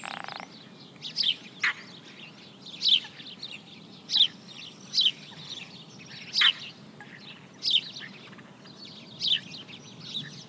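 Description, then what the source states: Sparrow calls: brief high chip phrases repeated at short intervals, over a steady low hum. Recorded in marshes on 26 March 2006.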